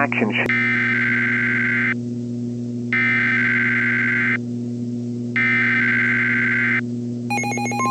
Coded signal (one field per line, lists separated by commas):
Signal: Emergency Alert System (SAME) tones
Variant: header bursts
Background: speech